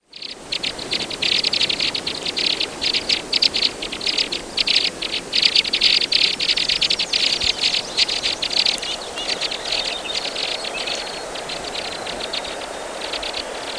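White-winged crossbill calls: dense, rapid chattering of high dry notes in bursts, thinning out toward the end over constant hiss.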